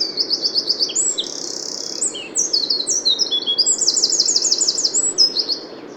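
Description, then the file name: Eurasian wren song: a rapid, energetic run of high trills and sharp notes, including a sustained buzzy stretch. "Troglodytes troglodytes"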